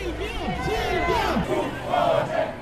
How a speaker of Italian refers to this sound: Marciapiede gli slogan dei suoi fan, sull'altro chi gli urla dimissioni al centro della strada davanti al Palazzo di Giustizia